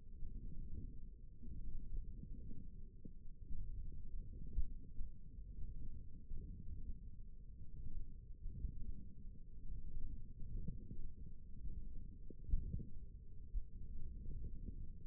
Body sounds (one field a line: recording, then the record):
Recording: forearm muscle sounds (acoustic myography)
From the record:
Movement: wrist flexion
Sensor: system 1, eight BSWA MPA416 microphones around the upper forearm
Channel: 4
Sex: male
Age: 20 years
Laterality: left